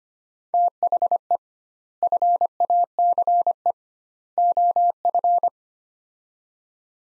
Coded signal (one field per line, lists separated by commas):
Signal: Morse code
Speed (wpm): 25 wpm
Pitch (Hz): 700 Hz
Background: none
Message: THE FACE OF